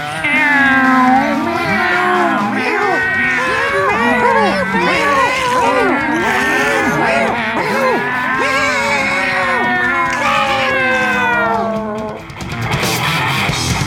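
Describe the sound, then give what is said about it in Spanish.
A loud chorus of many cats meowing at once, their overlapping, rising and falling wails filling the whole stretch without pause before a short noisy burst at the end. “¿Y eso que solo nos escuchan cuatro gatos? ¡Meow!”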